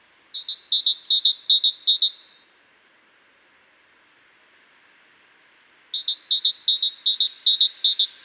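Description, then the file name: Great tit song: bright two-note phrases repeated rapidly in a strophe of about two seconds, a few faint high notes, then a second strophe after a pause. "Parus major"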